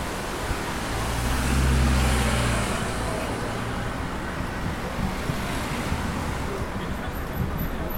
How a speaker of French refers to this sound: Le bruit est assourdissant, piégé entre l'eau et la circulation toute proche, nous décidons de monter quelques marches.